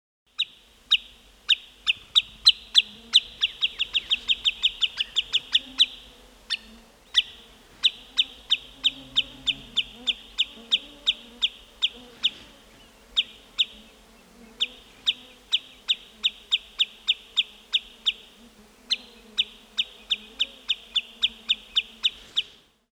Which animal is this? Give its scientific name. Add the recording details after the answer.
Tringa glareola. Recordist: Frommolt, Karl-Heinz. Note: Erregungsrufe